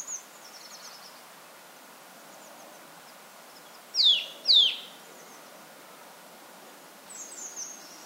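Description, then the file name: Eurasian nuthatch call: two loud, steeply falling notes about half a second apart midway through, with faint, high, thin twittering before and after. "Sitta europaea"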